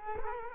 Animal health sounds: mosquito wingbeat signal from an infrared sensor; Culex quinquefasciatus

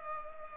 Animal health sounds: mosquito wingbeat signal from an infrared sensor; Culex pipiens

